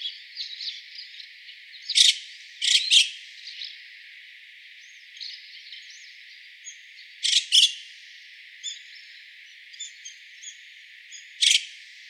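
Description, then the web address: White-cheeked starling harsh rasping calls, scattered in pairs and singles every few seconds, with soft squeaky chatter and hiss between them. Recorded 12 April 2013. "birdenaga mukudori 130412"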